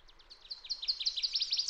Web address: birdsongforthecurious Fox Sparrow